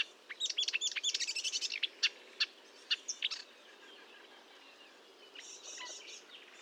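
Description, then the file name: Marsh warbler song: a fast burst of chattering notes, then scattered sharp clicks and a faint trailing phrase, over a soft background hiss. Recorded at Fontaine-Française (Fourneau), France, on 1 June 2022 at 10:55, with a Nagra recorder and Telinga microphone. "Rousserolle verderolle 1055 Fontaine-Francaise-Fourneau"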